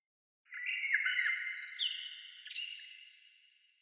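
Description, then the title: Bird singing one continuous warbled phrase of clear, layered whistled notes that fades out. "Oiseaux"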